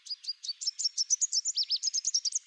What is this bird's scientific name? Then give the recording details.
Basileuterus delattrii. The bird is a male. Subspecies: delattrii. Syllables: 18. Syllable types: 13. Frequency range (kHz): 3.7-8.3 kHz. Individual CR-RBS-M